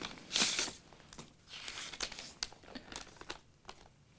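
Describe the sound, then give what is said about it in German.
Paper crackles and rustles as a letter with a key inside is unfolded, a sharp crinkle at the start followed by a series of softer, irregular rustles and snaps, with no voices. “Soll ich Ihnen den Brief vorlesen?”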